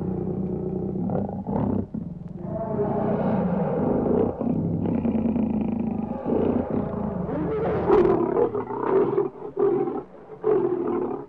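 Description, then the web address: Lion giving deep, drawn-out roars and growls that continue throughout. "лев"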